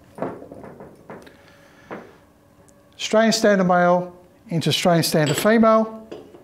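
A 3-inch Australian-standard male camlock adaptor is handled and brought up to an Australian-standard female coupler, making a few short, soft knocks around 0.2, 1.1 and 1.9 seconds. Someone talks from about 3 seconds to the end. Nothing has seated or clicked yet when the clip ends.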